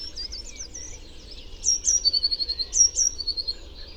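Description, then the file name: Eurasian blue tit giving thin wavering notes, then two phrases, each of two sharp high notes followed by a rapid trill; faint low background noise. "Cyanistes caeruleus"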